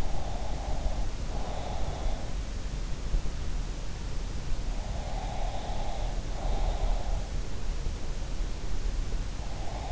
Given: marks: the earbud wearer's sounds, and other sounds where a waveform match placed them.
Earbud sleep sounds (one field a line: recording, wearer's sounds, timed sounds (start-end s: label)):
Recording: sounds in sleep by an in-ear microphone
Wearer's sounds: breath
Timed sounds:
0.00-2.13 s: breath
4.97-7.30 s: breath